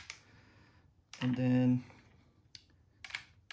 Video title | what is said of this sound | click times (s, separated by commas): Installing Glock 43x onto MCK gen2 | we'll start by uh unfolding the butt until you hear the click | 0.1 s